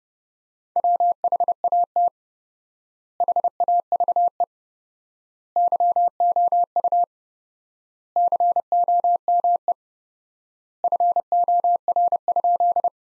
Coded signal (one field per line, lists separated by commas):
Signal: Morse code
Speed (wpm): 30 wpm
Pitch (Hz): 700 Hz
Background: none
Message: WHAT HAVE YOU COME FOR?